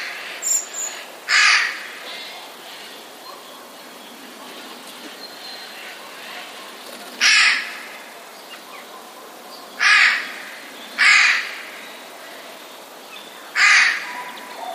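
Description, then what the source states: Eurasian jay uttering hoarse, grating screeches at irregular intervals of a few seconds, with a short high note near the start and constant background hiss. Alarm call, recorded 5 March 2016.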